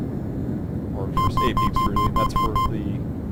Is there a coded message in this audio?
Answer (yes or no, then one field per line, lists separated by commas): no